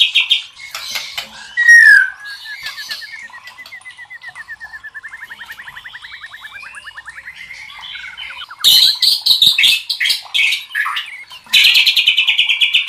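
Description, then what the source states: White-rumped shama song opening with sharp notes, then a long, steady run of fast repeated chips, ending in loud, harsh, rapid bursts. Masteran training recording for cage birds; murai batu labaik.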